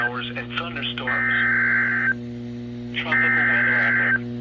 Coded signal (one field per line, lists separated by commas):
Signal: Emergency Alert System (SAME) tones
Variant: header bursts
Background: speech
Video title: EAS #334-349: EAS Alert Compilation for Week of 9/13/21